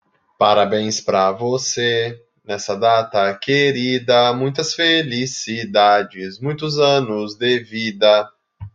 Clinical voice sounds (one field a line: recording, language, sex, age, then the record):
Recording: short text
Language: Brazilian Portuguese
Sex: male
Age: 20 to 29 years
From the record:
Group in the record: control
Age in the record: 29 years